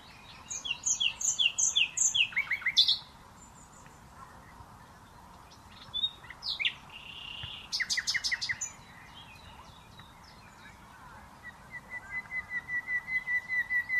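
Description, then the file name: Common nightingale singing varied phrases of fast repeated notes and sharp whistles, separated by short pauses, ending with an evenly repeated series of pure notes. "Luscinia megarhynchos"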